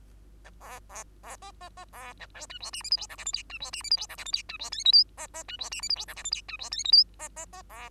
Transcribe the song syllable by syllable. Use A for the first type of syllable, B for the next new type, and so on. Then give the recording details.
A B B B C C C B A D E F G H I J K L M N E F G H I J K L M N E F O P Q C C E F G H I J K L M N E F O P Q C C C B. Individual Bird2